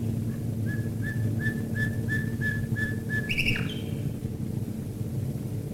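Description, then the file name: Common nightingale singing a string of evenly spaced whistled notes, ending in a sharp rising flourish, over a steady low droning hum. Nightingales singing while bombers fly over, recorded in 1942. "nightingales and bombers 1942"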